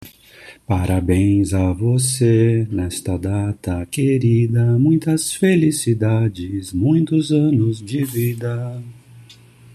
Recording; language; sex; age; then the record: short text; Brazilian Portuguese; male; 50 to 59 years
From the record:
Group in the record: control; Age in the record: 54 years